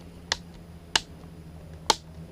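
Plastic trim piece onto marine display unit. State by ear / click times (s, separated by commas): seated / 0.3 s, 1.0 s, 1.9 s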